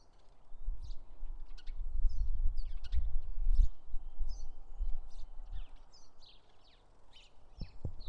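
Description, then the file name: House sparrows chirping, short sharp notes at irregular intervals over a loud low rumble of background noise. "Passer domesticus"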